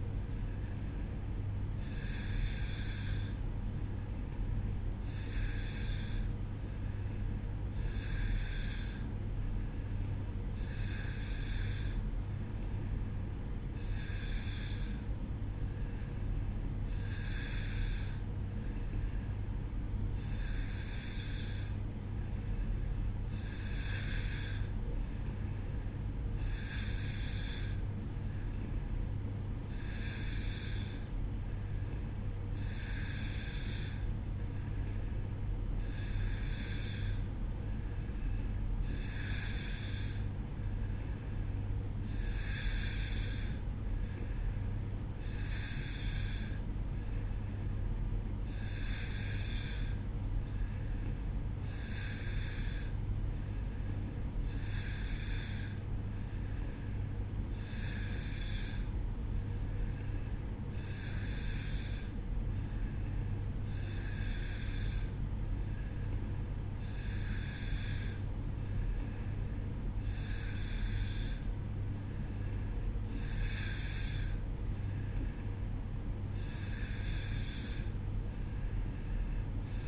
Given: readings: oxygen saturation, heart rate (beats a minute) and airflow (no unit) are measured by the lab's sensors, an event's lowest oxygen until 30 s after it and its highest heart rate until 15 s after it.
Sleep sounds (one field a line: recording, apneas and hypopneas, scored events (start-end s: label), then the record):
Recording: breathing in sleep by a smartphone at the bedside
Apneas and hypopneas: none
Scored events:
none scored
From the record:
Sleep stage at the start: N2 (light sleep)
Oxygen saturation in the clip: 90%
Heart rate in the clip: 62 to 66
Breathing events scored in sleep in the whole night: 305 in 9.6 hours asleep